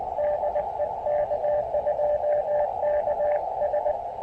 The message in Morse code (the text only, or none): DE K2KS